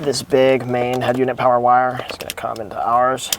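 Someone talks while handling the large main head unit power wiring plug on a 2016-2021 Lexus LX570, bringing it toward the mating plastic connector of the new aftermarket interface harness during an Apple CarPlay/Android Auto installation. Nothing has seated or clicked yet.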